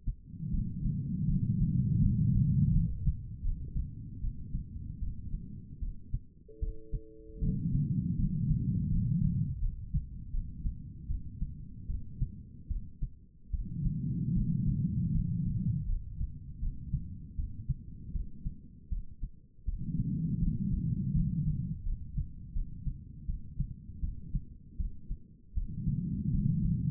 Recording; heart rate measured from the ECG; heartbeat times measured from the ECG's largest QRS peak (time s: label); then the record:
heart sounds by stethoscope; 79 bpm
0.51 s: heartbeat
1.27 s: heartbeat
2.00 s: heartbeat
2.72 s: heartbeat
3.42 s: heartbeat
4.21 s: heartbeat
5.00 s: heartbeat
5.80 s: heartbeat
6.60 s: heartbeat
7.40 s: heartbeat
8.16 s: heartbeat
8.89 s: heartbeat
9.60 s: heartbeat
10.31 s: heartbeat
11.08 s: heartbeat
11.87 s: heartbeat
12.68 s: heartbeat
13.51 s: heartbeat
14.34 s: heartbeat
15.12 s: heartbeat
15.86 s: heartbeat
16.60 s: heartbeat
17.36 s: heartbeat
18.13 s: heartbeat
18.89 s: heartbeat
19.65 s: heartbeat
20.40 s: heartbeat
21.13 s: heartbeat
21.83 s: heartbeat
22.53 s: heartbeat
23.26 s: heartbeat
24.01 s: heartbeat
24.77 s: heartbeat
25.54 s: heartbeat
26.31 s: heartbeat
From the record:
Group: healthy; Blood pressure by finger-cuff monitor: 116/75 mmHg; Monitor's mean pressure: 90 mmHg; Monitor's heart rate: 78 bpm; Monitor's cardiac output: 4.8 L/min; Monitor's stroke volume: 62 mL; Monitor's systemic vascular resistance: 1350 dyn s/cm5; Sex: female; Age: 51 years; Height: 162 cm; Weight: 70.04 kg